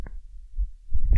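Low, muffled thumps picked up close to the chest: an adult heartbeat, heard as if through a stethoscope.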